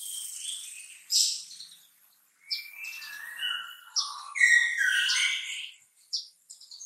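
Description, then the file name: Bulbul song: a jumble of warbled whistles, slurred notes and short chirps, rising and falling, delivered in uneven phrases. "suara kutilang trucukan"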